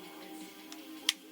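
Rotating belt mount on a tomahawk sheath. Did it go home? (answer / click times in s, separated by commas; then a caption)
yes / 1.1 s. The rotating plastic belt mount on a SOG Fasthawk tomahawk sheath is turned until it clicks into its next detent, where it locks. Over a low, steady background tone, a faint tick at about 0.7 s comes before one sharp, bright click at 1.1 s as the mount seats and locks in place.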